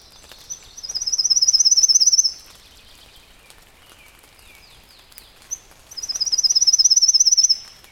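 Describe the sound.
Pale-legged leaf warbler song: two very high, rapid, insect-like trills, each about one and a half seconds long, about four seconds apart, over faint background hiss.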